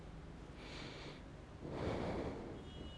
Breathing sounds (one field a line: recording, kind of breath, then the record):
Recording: one breath in and out by a microphone near the nose and mouth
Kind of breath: normal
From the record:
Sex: male